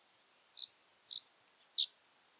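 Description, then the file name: Common reed bunting giving three short high call notes, evenly spaced about half a second apart, against quiet background hiss. "common reed bunting - emberiza schoeniclus"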